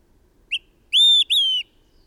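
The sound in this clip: Bird song: a brief high note followed by two sustained clear whistles, the latter easing downward.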